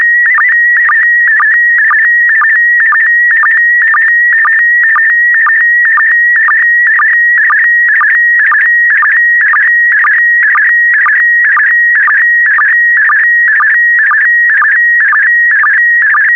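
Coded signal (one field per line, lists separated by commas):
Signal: SSTV (slow-scan television)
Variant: PD120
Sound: warbling whistle around two kilohertz with a short low chirp about twice a second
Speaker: complete you can now check your decoded image against the picture that is shown on the video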